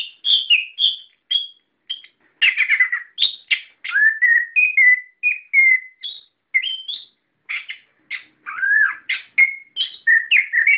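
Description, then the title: Melodious bird song mixing clear whistles, slurred rising and falling notes and quick chirps, in phrases separated by short pauses. "SuaraBurung Kicau4"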